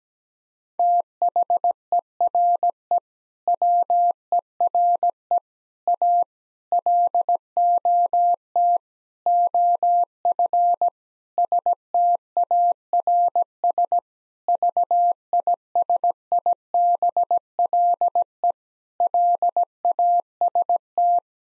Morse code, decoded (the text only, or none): THERE WERE A LOT OF STARS VISIBLE LAST